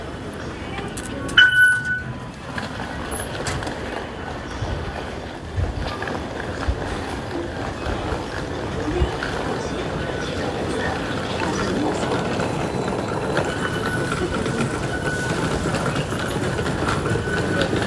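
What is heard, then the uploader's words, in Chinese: Riding the MRT from Taipei Main Station to work: a steady low rumble of the moving train, with a brief sharp squeal near two seconds. 從台北車站搭捷運上班。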